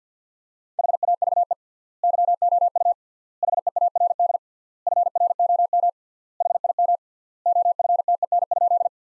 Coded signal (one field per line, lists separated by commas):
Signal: Morse code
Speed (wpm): 50 wpm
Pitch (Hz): 700 Hz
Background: none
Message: HAVE YOU HEARD FROM HIM OFTEN?